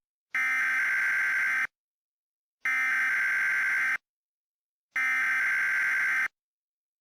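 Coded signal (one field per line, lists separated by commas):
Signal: Emergency Alert System (SAME) tones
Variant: header bursts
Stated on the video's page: EAS SAME tones in a fictional mock alert.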